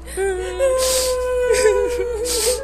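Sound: children crying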